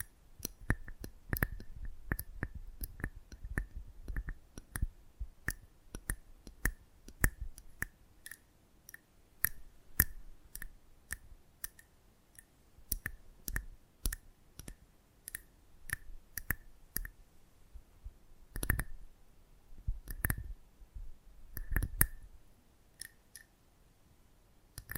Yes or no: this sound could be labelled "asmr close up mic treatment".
yes